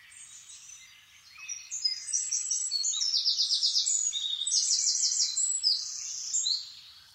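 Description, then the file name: Eurasian wren song: a high, hurried run of rattling trills and bright notes over about five seconds, with faint twittering before and after. "Troglodytes troglodytes"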